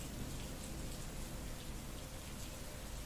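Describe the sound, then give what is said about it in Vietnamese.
Rain streams steadily down a window pane, a constant dense hiss with soft pattering and no breaks, holding an even level throughout with no voices. “Một bên má của bà già gầy gò áp vào tấm kính, máu từ những lỗ chân lông rịn ra bết bát lên tấm kính, lẫn trong nước mưa chảy thành dòng xuống.”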